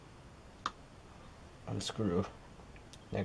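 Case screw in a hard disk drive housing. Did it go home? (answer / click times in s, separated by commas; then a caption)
released / 0.7 s. A small steel case screw is turned counter-clockwise out of a hard disk drive housing with downward pressure. The tight screw breaks loose with a sharp click at 0.7 s, followed by a couple of faint ticks, and someone talks. The screw is released.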